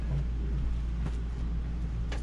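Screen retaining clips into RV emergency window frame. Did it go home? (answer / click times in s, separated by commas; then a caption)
no / none. Plastic screen retaining clips are being handled and pressed toward an RV emergency window frame, heard over a steady low rumble with faint brief rustles around 1.1 s and a short sharp transient at 2.1 s. Nothing has seated or clicked into place yet.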